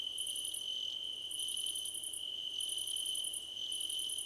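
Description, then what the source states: Crickets calling together. One shrill continuous note holds steady while very high rapid pulsing trills switch on and off every second or so. Crickets in a choir competition.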